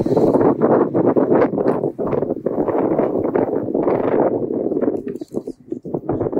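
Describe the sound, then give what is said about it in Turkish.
Wind buffets a microphone outdoors in nature while people are talking, a loud, steady low roar with rough gusting bursts that barely lets up, easing slightly near the end. “Rüzgar altında konuşuyoruz. Doğada konuşmanın cilvesi.”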